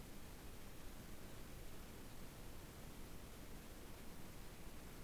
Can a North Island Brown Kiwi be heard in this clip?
no